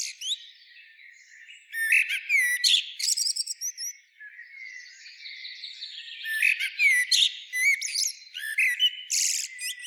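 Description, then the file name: Eurasian blackbird producing rapid high chirps and squeaky twitters mixed with fluty notes, a short quieter spell, then another busy burst. "Turdus merula"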